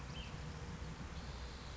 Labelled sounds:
Ash-throated Flycatcher
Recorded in Sonoma County, California

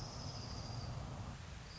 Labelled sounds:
Orange-crowned Warbler
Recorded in Sonoma County, California

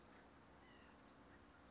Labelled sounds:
White-breasted Nuthatch
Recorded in Sonoma County, California

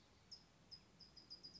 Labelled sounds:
California Towhee
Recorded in Sonoma County, California

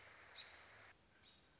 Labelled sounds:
American Robin
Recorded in Sonoma County, California

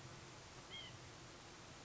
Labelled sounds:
White-breasted Nuthatch
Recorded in Sonoma County, California

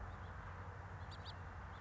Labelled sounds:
House Finch
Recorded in Sonoma County, California

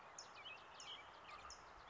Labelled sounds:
California Towhee
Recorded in Sonoma County, California

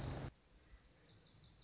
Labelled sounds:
Lazuli Bunting
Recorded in Sonoma County, California

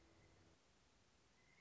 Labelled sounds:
Pileated Woodpecker
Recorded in Sonoma County, California

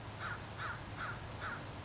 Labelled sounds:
American Crow
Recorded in Sonoma County, California

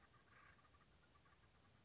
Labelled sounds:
Acorn Woodpecker
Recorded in Sonoma County, California

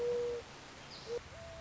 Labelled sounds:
Mourning Dove
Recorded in Sonoma County, California

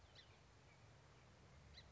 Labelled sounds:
House Finch
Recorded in Sonoma County, California

